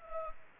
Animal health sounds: mosquito wingbeat signal from an infrared sensor; Anopheles gambiae

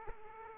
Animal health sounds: mosquito wingbeat signal from an infrared sensor; Aedes aegypti

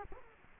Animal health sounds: mosquito wingbeat signal from an infrared sensor; Culex quinquefasciatus

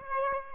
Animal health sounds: mosquito wingbeat signal from an infrared sensor; Aedes aegypti

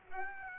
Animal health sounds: mosquito wingbeat signal from an infrared sensor; Aedes aegypti

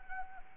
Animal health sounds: mosquito wingbeat signal from an infrared sensor; Anopheles arabiensis

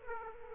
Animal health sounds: mosquito wingbeat signal from an infrared sensor; Aedes aegypti

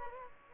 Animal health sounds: mosquito wingbeat signal from an infrared sensor; Culex quinquefasciatus

